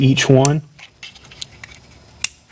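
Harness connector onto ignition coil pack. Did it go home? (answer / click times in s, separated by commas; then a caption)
yes / 2.2 s. Someone talks briefly, then a harness connector is pushed onto an ignition coil pack on a VW/Audi 2.0T TSI engine during a PCV valve replacement. A few faint ticks and scrapes lead up to one sharp click at 2.2 s. The connector has seated on the coil pack.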